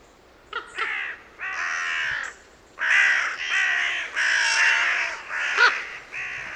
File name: Corvus corone